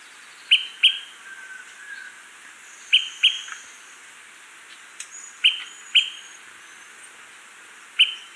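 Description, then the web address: Smoke-colored Pewee calling: crisp doubled pip notes, each pair repeated every two to three seconds, with soft insect-like hiss behind. Ecuador. "Birds of Ecuador. Smoke-colored Pewee"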